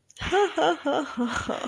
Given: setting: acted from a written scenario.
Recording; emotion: vocal sound without words; amusement